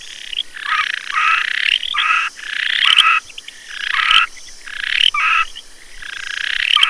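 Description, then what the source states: Frog calls: harsh, buzzy trills, each lasting up to about a second, coming in quick succession. Recorded on 9 August 2015.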